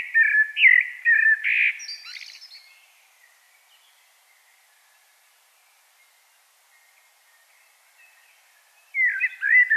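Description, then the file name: Common blackbird with a brief fluty phrase capped by a high scratchy flourish, a long silent gap, then the next phrase. "Turdus merula"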